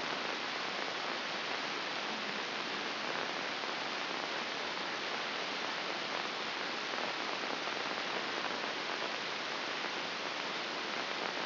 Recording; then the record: brain microelectrode recording played as sound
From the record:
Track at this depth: inside the subthalamic nucleus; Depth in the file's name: 3.029 mm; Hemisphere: left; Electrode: 2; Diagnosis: Parkinson's disease